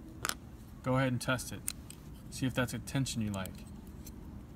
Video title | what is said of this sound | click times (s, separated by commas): The Shorty - Installing Keys | we want to finesse it a little bit add pressure keep it straight it will start to fill up the click in one click two clicks go | 0.2 s, 0.3 s